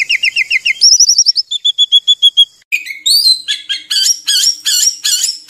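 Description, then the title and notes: Oriental magpie-robin song: evenly repeated whistled note series that shift pitch, followed by a rising slur and loud, rapid scratchy notes. Long-duration song material (isian) for training captive birds to sing vigorously (gacor) day and night. "Kacer Jadi Gacor Siang Malam. Isian Kacer Durasi Panjang"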